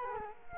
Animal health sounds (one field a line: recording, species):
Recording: mosquito wingbeat signal from an infrared sensor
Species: Culex quinquefasciatus